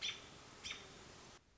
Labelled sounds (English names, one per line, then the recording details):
American Robin
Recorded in Sonoma County, California